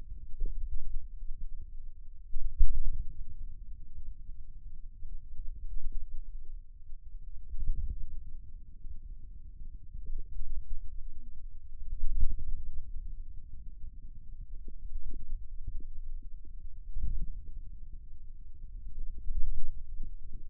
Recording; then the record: forearm muscle sounds (acoustic myography)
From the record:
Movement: ulnar deviation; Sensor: system 2, bracelet of six BSWA MPA416 microphones around the upper forearm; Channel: 2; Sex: male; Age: 22 years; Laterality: right